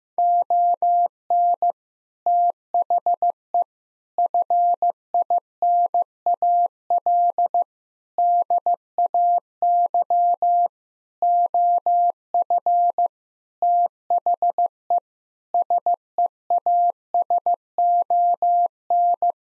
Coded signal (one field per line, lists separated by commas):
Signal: Morse code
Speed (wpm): 16 wpm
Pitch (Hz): 700 Hz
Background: none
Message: ON THE FINAL DAY OF THE SEASON